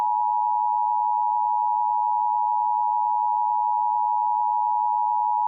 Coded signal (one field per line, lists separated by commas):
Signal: Emergency Alert System (SAME) tones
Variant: 853 and 960 Hz attention tone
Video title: (EAS Scenario) Wintery Wallop